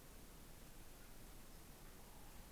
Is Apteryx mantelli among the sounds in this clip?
no